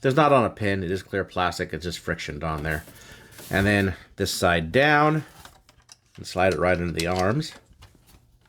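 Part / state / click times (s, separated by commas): plastic panel of a transforming robot toy fitting under the arms / not seated / none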